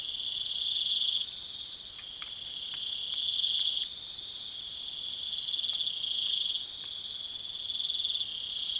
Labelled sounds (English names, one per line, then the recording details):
none
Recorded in secondary vegetation near Puerto Asís, Putumayo, Colombia, on 24 June 2025
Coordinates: 0.488, -76.319
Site G094